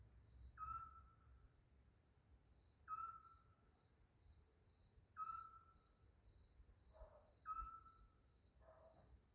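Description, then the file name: Eurasian scops owl giving a single short, clear whistled note, repeated four times about every two and a half seconds, over a faint steady high insect tone. "fuleskuvik hangja"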